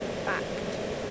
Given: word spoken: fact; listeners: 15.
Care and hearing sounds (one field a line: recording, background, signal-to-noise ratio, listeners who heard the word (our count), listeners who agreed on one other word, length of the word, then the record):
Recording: one English word in noise, from a listening test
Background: speech-shaped noise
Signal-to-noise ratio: -4.4 dB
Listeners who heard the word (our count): 4 of 15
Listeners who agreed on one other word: 10 of 15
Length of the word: 0.71 s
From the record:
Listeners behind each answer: 10, 4, 1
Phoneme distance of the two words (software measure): 10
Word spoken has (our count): 1 syllable, 4 phonemes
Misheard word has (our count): 1 syllable, 4 phonemes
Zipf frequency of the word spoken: 5.45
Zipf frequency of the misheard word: 4.11